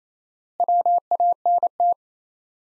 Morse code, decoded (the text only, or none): WANT